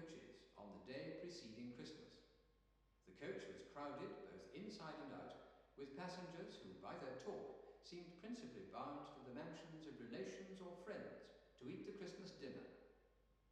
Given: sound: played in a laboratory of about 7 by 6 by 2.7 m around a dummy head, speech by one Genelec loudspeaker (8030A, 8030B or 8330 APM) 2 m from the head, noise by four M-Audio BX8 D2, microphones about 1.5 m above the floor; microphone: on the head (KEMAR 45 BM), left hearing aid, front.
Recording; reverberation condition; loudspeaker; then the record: male speech in English; high; 150 degrees to the left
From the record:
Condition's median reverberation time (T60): about 1300 ms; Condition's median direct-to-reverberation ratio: about -4.0 dB